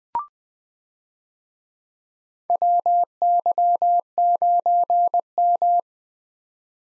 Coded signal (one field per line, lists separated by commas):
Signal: Morse code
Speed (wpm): 20 wpm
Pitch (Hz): 700 Hz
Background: none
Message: WY9M